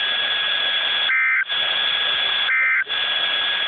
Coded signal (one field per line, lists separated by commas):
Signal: Emergency Alert System (SAME) tones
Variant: end-of-message bursts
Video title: Flood Warning #2 for Clinton River in Mi with EAS